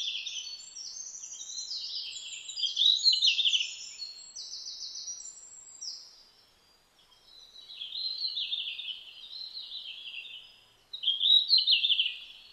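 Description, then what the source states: Red-flanked bluetail song: bright, high warbling phrases in bursts, a quiet gap near the middle, then a strong final burst of sweet notes. Recorded 12 July 2009.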